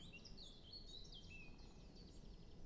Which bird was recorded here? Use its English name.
Great Spotted Woodpecker